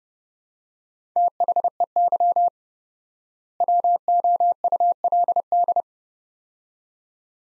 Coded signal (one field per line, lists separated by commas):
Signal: Morse code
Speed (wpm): 30 wpm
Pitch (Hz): 700 Hz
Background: none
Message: THEY WOULD